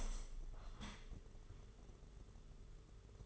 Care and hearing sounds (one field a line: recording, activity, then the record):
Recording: daily activity, microphone in the room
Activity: open window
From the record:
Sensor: 4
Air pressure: 992.1 hPa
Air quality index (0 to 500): 102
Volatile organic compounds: 13 ppm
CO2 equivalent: 2411 ppm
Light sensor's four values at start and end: 22/77/28/30 and 23/78/28/30